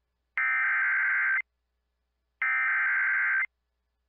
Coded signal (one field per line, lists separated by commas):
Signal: Emergency Alert System (SAME) tones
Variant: header bursts